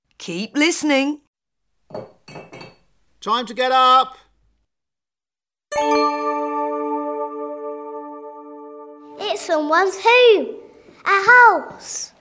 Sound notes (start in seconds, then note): 1.1 fx: kettle / bottle / etc; 9.2 fx: voice: ‘time to get up!’